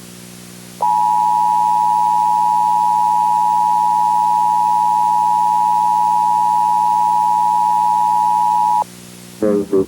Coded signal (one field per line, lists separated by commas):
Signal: Emergency Alert System (SAME) tones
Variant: 853 and 960 Hz attention tone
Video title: EAS MOCK:CURSED BUSHES